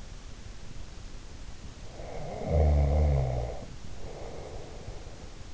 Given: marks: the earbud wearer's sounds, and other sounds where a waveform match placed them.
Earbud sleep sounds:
sounds in sleep by an in-ear microphone; snoring breath
1.86-5.32 s: snoring breath

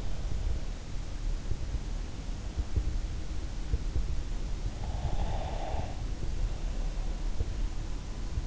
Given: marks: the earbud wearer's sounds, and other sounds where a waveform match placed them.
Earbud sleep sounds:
sounds in sleep by an in-ear microphone; breath
4.72-6.01 s: breath

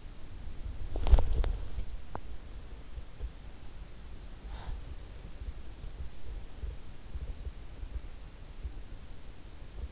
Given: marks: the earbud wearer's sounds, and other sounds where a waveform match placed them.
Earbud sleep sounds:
sounds in sleep by an in-ear microphone; body movement, teeth grinding, breath
0.00-2.50 s: body movement
1.95-2.50 s: teeth grinding
4.34-5.38 s: breath

